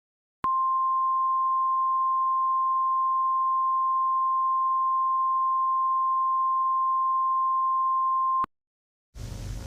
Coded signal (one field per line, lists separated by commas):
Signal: Emergency Alert System (SAME) tones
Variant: 1050 Hz attention tone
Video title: Eas Scenario: Paw Patrol es Invadido por Calle Dalmatas 101 (2/2) contexto en la descripción